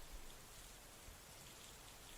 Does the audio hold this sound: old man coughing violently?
no